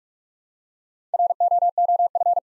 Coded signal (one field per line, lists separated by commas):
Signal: Morse code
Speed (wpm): 44 wpm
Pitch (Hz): 700 Hz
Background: none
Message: ROOF